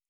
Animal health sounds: hydrophone in a shrimp aquaculture tank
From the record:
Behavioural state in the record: normal

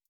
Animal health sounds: hydrophone in a shrimp aquaculture tank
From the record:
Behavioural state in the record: feeding

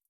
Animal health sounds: hydrophone in a shrimp aquaculture tank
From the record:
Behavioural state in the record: feeding

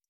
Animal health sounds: hydrophone in a shrimp aquaculture tank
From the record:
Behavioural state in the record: stressed

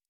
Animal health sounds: hydrophone in a shrimp aquaculture tank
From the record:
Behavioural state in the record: normal

